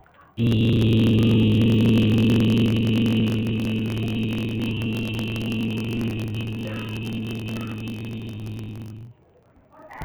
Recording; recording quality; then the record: sustained vowel as in beet; moderate, slight background noise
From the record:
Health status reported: healthy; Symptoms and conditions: none ticked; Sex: male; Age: 18 years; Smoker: not ticked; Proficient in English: yes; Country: India